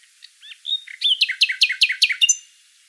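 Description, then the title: Common nightingale song: a few soft introductory notes, then a loud burst of several rapidly repeated notes ending in a brief high flourish. "Sylvain Jaskowiak - Mes piafs. Rossignol Philomèle"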